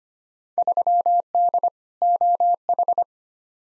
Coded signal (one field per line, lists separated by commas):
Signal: Morse code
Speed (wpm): 25 wpm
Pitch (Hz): 700 Hz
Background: none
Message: 3D OH